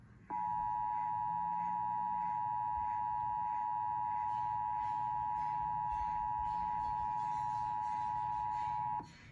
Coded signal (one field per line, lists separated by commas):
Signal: Emergency Alert System (SAME) tones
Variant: 853 and 960 Hz attention tone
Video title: Texas Required Monthly Tests for October 2022 (EAS #226-234)